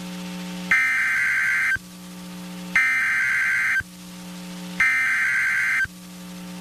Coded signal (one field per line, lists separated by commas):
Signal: Emergency Alert System (SAME) tones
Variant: header bursts